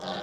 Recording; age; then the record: pig call; piglet (1 to 25 days)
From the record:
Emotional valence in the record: negative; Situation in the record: long isolation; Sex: female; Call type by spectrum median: low-frequency call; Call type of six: low-frequency tonal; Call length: 0.24 s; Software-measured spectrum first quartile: 564 Hz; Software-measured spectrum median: 1103 Hz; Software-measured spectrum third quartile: 2959 Hz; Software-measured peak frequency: 781 Hz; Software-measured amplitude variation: 73 dB a second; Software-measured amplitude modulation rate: 19.0 a second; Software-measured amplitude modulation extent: 3.9 dB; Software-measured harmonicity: 0.6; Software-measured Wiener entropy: -1.94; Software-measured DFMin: 1005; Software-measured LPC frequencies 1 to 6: 687, 1466, 3737, 7093, 8422, 10460 Hz